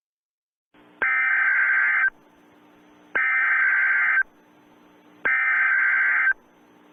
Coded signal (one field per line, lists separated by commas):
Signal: Emergency Alert System (SAME) tones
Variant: header bursts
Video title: IT (pennywise) EAS mini scenario- Terror in Dairy Maine